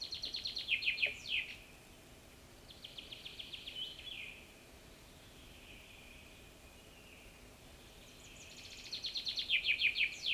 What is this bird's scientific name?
Fringilla coelebs